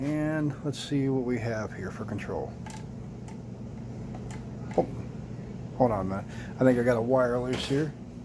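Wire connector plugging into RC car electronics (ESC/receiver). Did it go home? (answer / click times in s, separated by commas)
no / none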